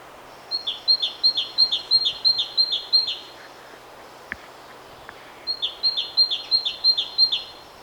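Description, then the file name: Great tit calls in two bursts of quick, high, downslurred notes, separated by a short quiet gap with faint clicks. "Parus major"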